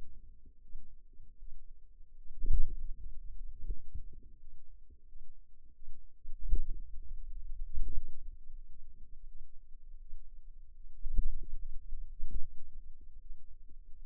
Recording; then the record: forearm muscle sounds (acoustic myography)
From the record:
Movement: pen grasping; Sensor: system 2, bracelet of six BSWA MPA416 microphones around the upper forearm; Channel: 6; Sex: female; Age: 23 years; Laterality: right